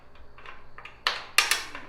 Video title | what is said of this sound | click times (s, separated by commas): E-Track for QUICK and EASY strap down of ATV/UTV | clicks right in. | 1.1 s, 1.4 s